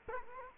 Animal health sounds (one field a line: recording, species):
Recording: mosquito wingbeat signal from an infrared sensor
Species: Culex quinquefasciatus